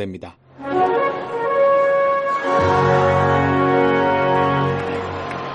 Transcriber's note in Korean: 녹취: 야구장 관중 함성